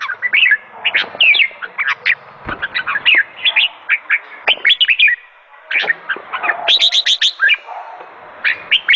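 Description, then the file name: Sooty-headed bulbul song: lively run of short whistled and chirping notes, some rising or falling, in quick bursts with brief pauses, then a run of higher notes near the end. "suara kutilang jambul"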